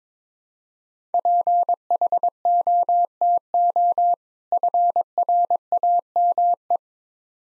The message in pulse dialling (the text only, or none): none